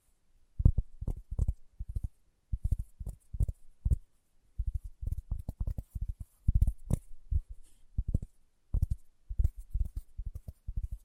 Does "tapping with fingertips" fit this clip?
yes